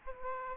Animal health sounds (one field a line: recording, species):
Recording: mosquito wingbeat signal from an infrared sensor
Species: Aedes aegypti